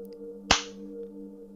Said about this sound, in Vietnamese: Cao Cường tát cho Thụy một cái rồi hất hàm nói